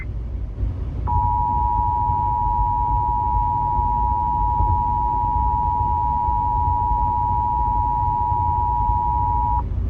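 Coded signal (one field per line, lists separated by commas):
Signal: Emergency Alert System (SAME) tones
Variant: 853 and 960 Hz attention tone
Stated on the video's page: Illinois Required Monthly Test received on FM 97.5.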